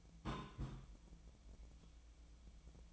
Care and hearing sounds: daily activity, microphone in the room; place on stove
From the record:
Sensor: 1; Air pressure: 1010.0 hPa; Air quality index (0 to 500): 187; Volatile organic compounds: 17 ppm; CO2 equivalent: 2572 ppm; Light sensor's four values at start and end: 38/96/40/49 and 38/97/41/50

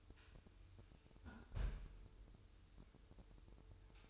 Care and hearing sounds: daily activity, microphone in the room; close fridge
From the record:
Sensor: 2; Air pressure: 988.3 hPa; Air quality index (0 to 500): 193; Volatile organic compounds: 202 ppm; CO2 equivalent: 4220 ppm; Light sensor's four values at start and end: 21/72/28/27 and 21/72/28/27

